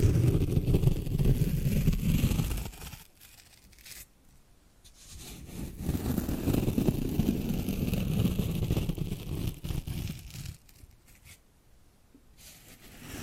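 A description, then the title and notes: Scratching and rubbing sounds come in dense, low, rough swells, from the start to about three seconds and again from six to ten, with quieter gaps between. Hypnotic Tapping and Scratching Sounds.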